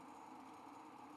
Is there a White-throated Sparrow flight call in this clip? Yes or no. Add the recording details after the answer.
no. No flight call is heard. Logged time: 11:35 on 5 December 2014